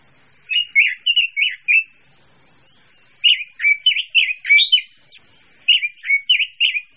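Bird song in three short bursts, each made of four to eight quick, chirpy warbled notes, with pauses of about a second between bursts.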